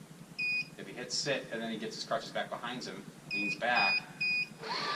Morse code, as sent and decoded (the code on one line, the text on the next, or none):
none